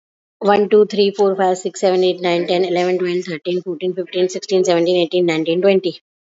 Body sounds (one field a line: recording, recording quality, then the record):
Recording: counting at a fast pace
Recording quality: excellent, no background noise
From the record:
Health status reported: respiratory illness, not identified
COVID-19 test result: not tested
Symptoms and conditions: asthma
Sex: female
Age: 46 years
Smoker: not ticked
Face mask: worn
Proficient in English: yes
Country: India